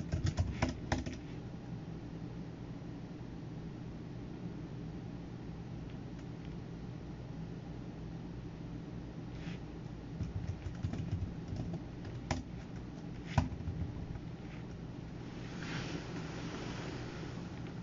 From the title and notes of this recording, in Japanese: パソコン作業中の音です。Eluに画像を出品する → メール送信など他のことを行う → eluに画像を出品する の順で行っています。